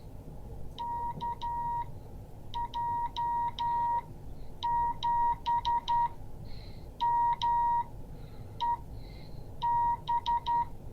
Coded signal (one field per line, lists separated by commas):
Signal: Morse code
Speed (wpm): 11 wpm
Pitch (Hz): 950 Hz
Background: none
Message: KJ7MEB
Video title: Morse code class 2023-02-06